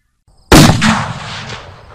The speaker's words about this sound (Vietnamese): Một tiếng nổ lớn phát ra, sau đó thì mọi thứ bỗng nhiên im bặt, đến tiếng chim cũng không còn thấy.